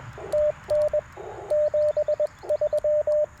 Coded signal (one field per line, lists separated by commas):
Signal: Morse code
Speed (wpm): 21 wpm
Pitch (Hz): 590 Hz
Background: radio noise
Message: TN 73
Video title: Explorer POTA20 & Packtenna - QRP CW POTA Activation 09/07/2024